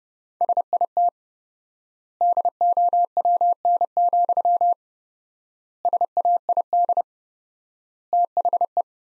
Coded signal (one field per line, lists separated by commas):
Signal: Morse code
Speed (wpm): 30 wpm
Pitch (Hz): 700 Hz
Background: none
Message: SIT DOWN, SAID THE